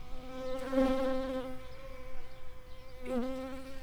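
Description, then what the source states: Shrill carder bee buzz: a steady, harmonically rich hum that swells, fades and returns, with brief louder bursts near the start and the end. Workers.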